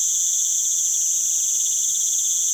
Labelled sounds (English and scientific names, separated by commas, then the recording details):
none
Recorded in pastures near Puerto Asís, Putumayo, Colombia, on 30 June 2025 at 19:00
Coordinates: 0.486, -76.323
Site H29